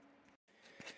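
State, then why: Not seated. A new fuel pump for a Daewoo Nexia is handled as it is assembled into its upper pump module holder. Low handling noise is broken by a brief silence near 0.4 s, followed by rustling and a couple of soft knocks around 0.8–0.9 s. The pump has not seated in the holder yet, and nothing has clicked into place.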